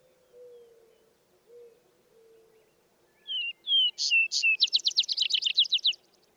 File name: Vesper Sparrow